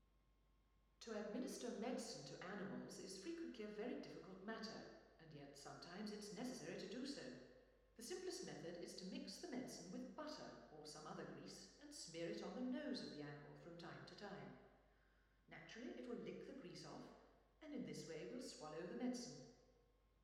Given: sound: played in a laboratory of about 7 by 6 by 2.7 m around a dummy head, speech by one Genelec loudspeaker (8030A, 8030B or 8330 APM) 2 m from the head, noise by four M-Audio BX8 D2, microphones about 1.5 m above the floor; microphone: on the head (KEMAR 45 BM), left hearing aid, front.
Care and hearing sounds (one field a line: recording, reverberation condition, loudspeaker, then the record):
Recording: female speech in English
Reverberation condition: high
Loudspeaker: 90 degrees to the left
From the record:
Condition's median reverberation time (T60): about 1300 ms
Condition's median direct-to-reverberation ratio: about -4.0 dB